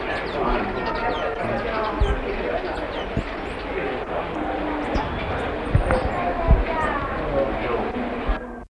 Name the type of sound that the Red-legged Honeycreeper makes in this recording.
song